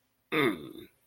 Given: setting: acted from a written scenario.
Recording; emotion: vocal sound without words; contempt